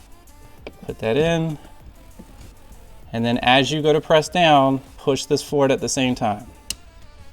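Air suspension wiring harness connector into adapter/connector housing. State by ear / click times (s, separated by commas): seated / 6.7 s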